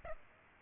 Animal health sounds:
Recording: mosquito wingbeat signal from an infrared sensor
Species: Aedes aegypti

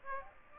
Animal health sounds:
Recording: mosquito wingbeat signal from an infrared sensor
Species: Aedes aegypti

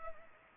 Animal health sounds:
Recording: mosquito wingbeat signal from an infrared sensor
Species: Culex pipiens

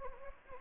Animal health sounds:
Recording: mosquito wingbeat signal from an infrared sensor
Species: Anopheles gambiae

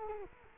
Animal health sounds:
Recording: mosquito wingbeat signal from an infrared sensor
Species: Culex quinquefasciatus

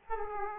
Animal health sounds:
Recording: mosquito wingbeat signal from an infrared sensor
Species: Aedes aegypti

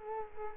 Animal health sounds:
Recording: mosquito wingbeat signal from an infrared sensor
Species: Culex quinquefasciatus

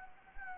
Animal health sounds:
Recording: mosquito wingbeat signal from an infrared sensor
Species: Anopheles gambiae

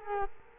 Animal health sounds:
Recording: mosquito wingbeat signal from an infrared sensor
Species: Culex quinquefasciatus

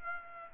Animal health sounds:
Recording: mosquito wingbeat signal from an infrared sensor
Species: Aedes aegypti

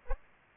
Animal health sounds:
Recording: mosquito wingbeat signal from an infrared sensor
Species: Aedes aegypti

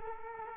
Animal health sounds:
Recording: mosquito wingbeat signal from an infrared sensor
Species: Culex quinquefasciatus

